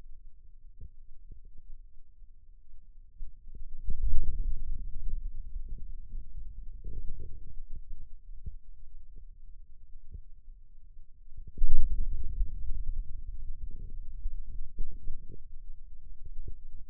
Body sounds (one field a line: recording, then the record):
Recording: forearm muscle sounds (acoustic myography)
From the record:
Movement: radial deviation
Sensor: system 2, bracelet of six BSWA MPA416 microphones around the upper forearm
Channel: 2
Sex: male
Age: 22 years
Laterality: right